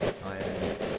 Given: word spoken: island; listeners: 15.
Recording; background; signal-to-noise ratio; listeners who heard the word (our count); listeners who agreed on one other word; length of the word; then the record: one English word in noise, from a listening test; noise modulated by three-talker babble; -4.6 dB; 2 of 15; 6 of 15; 0.58 s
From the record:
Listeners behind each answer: 6, 3, 2, 1, 1, 1, 1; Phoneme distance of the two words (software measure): 14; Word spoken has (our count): 2 syllables, 5 phonemes, stress on syllable 1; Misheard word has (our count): 2 syllables, 3 phonemes, stress on syllable 1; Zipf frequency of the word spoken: 4.96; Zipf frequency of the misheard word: 4.52